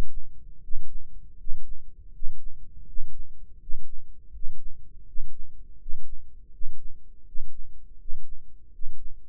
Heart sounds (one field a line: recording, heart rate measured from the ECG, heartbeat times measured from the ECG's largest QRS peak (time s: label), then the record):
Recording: heart sounds by microphone in the right ear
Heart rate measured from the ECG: 81 bpm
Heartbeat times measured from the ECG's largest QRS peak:
0.59 s: heartbeat
1.36 s: heartbeat
2.11 s: heartbeat
2.84 s: heartbeat
3.57 s: heartbeat
4.30 s: heartbeat
5.04 s: heartbeat
5.77 s: heartbeat
6.50 s: heartbeat
7.23 s: heartbeat
7.96 s: heartbeat
8.70 s: heartbeat
From the record:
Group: healthy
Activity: Valsalva maneuver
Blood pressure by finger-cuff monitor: 100/62 mmHg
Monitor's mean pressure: 70 mmHg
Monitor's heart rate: 82 bpm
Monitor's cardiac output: 7.2 L/min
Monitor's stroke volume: 89 mL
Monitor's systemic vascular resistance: 690 dyn s/cm5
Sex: male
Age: 35 years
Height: 180 cm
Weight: 86.9 kg